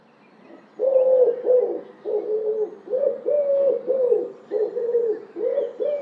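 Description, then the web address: Common wood pigeon song: a steady series of low, hollow coos that start after a short silence and follow one another with brief gaps, each note gently rising and falling. "cianscape. Deverinetal. Bird Only"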